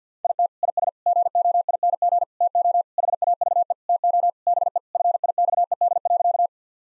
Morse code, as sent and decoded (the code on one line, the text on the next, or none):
.. - / .. ... / --. --- .. -. --. / - --- / .... .- ...- . / - --- / -... . / ..-. .. -..- . -.. .-.-.-
IT IS GOING TO HAVE TO BE FIXED.